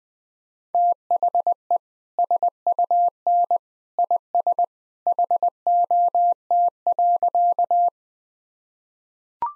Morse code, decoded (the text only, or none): THE SUN IS HOT.